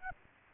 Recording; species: mosquito wingbeat signal from an infrared sensor; Aedes aegypti